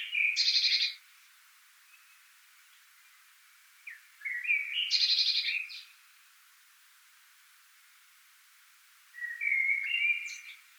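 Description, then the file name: Eurasian blue tit making two loud buzzy bursts a few seconds apart, the second with quick twitters around it, then a final chattering phrase. "Cyanistes caeruleus"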